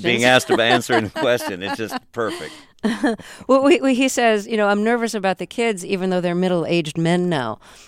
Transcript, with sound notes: Being asked and answering the question. It's just perfect.
(Soundbite of laughter) Well, he says, you know, I'm nervous about the kids, even though they're middle-aged men now.